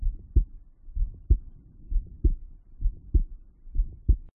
Heart murmur at tricuspid.